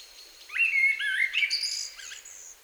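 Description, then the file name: Common blackbird giving a short phrase: low, warbling notes around mid pitch, followed by a thin, high twittering flourish, all within about two seconds. "Turdus merula"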